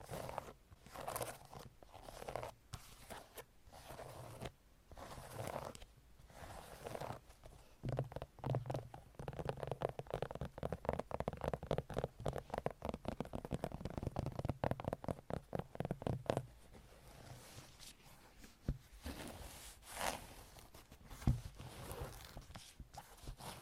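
Long nails scratch and tap in quick, dense bursts, with a fast regular run of taps from about 8 to 16 seconds. Before and after, the strokes are slower and more uneven, separated by short pauses. A soft low rumble sits underneath throughout.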